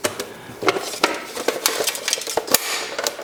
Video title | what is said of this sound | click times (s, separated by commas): Tomy Hearoid - Repairs - Retrobight - Restore | yeah hear that click | 2.5 s